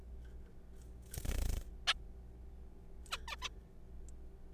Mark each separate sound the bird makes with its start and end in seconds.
1.88-1.93, 3.11-3.17, 3.28-3.36, 3.42-3.49